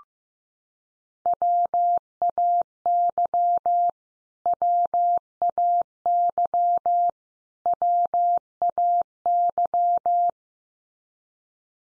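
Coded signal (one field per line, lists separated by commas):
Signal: Morse code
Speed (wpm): 15 wpm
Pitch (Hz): 700 Hz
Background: none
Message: WAY WAY WAY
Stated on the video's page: Morse word drill at 15 wpm: common English words each sent three times, then spoken, then sent again, for head-copy practice.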